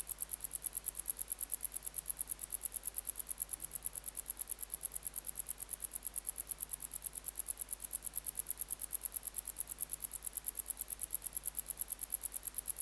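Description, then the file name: Wart-biter stridulating: dense, rapid ticking at a constant rate, sustained throughout. "Decticus verrucivorus"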